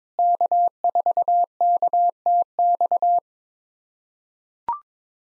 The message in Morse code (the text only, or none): K4KTX